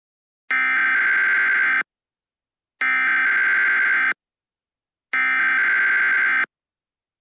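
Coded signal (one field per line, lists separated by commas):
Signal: Emergency Alert System (SAME) tones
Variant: header bursts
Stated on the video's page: Simulated EAS alert tones in a fictional scenario about murderers on the loose.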